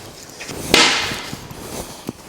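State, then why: Seated. A tubeless mountain bike tire is inflated on a bicycle rim until its bead pops up onto the rim's bead seat. A loud, sharp pop at 0.7 s is followed by a bright, hissing rush of air that fades over the next second, with a few faint taps after. The tire bead is seated on the rim.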